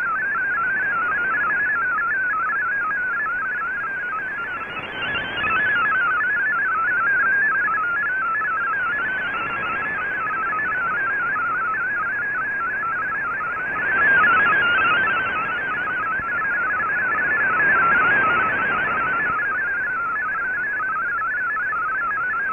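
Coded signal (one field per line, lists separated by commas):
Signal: multi-tone FSK (Olivia or MFSK type)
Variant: MFSK32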